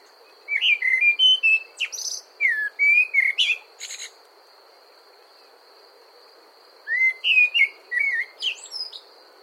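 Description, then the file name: Common blackbird singing two rich, fluty warbling phrases that each end in thin, squeaky high notes, separated by a short pause, over a continuous shrill background drone. "Turdus merula"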